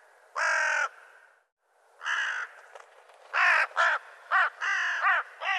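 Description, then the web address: Bird giving harsh cawing calls: one long caw, a pause, then about six more caws in an uneven series. "cianscape birddata Deverinetal 2025 Bird Co Co Co Co"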